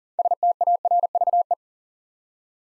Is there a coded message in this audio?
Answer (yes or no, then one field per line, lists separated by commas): yes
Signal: Morse code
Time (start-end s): 0.2-1.5 s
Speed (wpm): 42 wpm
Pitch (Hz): 700 Hz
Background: none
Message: STARVE